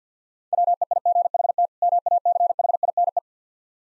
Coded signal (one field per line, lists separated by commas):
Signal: Morse code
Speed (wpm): 51 wpm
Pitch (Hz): 700 Hz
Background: none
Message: WEIGHT MACHINE